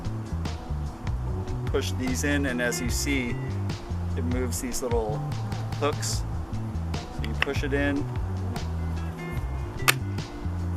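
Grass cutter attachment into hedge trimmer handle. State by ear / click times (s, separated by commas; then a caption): seated / 9.9 s. A grass cutter head is pushed onto the body of a Saker cordless hedge trimmer, where pressing the release buttons moves small hooks that latch it in place. Someone talks over background music, with light handling taps along the way. One sharp, loud snap at 9.9 s marks the attachment seating in the handle.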